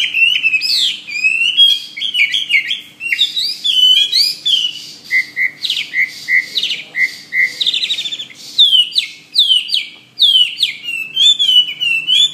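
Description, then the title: Bird song, a fast continuous stream of varied whistles and chirps, sliding up and down in quick succession for the whole stretch. "SuaraBurung Kicau"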